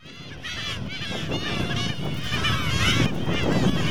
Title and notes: Colonia reproductiva de gaviotas cangrejeras (Larus atlanticus), una de las cinco especies de gaviotas más amenazadas del mundo. Reserva Provincial Isla de la Cangrejera. Isla del Puerto. Estuario de Bahía Blanca. /9/2014-17:44hs